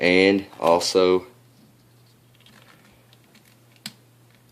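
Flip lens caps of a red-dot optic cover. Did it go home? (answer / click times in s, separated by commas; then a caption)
yes / 3.9 s. Someone talks briefly, then after some faint small handling ticks the rubber-like TPU flip lens caps of a red-dot optic cover are snapped together into their stowed position. They click into each other with one sharp snap at 3.9 s, confirming that they have seated.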